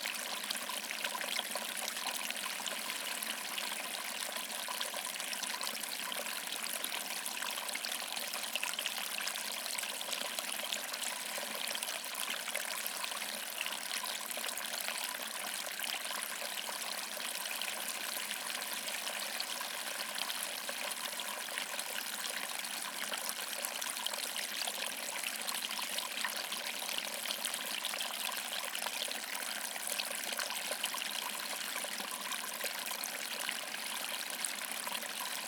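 A tiny waterfall splashes and trickles without pause, a dense, even rush of bright, hissing water with little low-end weight. The sound holds steady for the whole stretch, with no separate events or other sounds breaking through.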